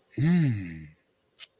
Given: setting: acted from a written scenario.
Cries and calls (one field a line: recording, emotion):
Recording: vocal sound without words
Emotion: romantic love